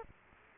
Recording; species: mosquito wingbeat signal from an infrared sensor; Culex quinquefasciatus